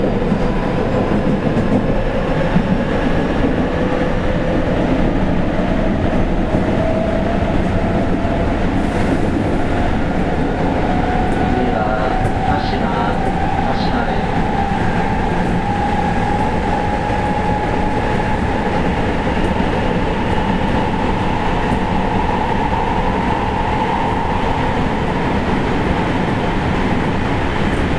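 Running sound of a 207 series electric train: a steady, dense rumble and rattle fills the whole clip at an even level. A whining motor tone glides slowly upward through the middle, and faint brief clicks and squeals appear around twelve to fourteen seconds.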